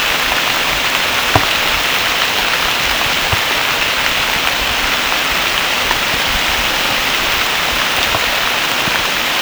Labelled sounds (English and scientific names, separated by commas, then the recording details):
none
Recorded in pastures near Puerto Asís, Putumayo, Colombia, on 24 June 2025 at 13:30
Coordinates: 0.497, -76.327
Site G040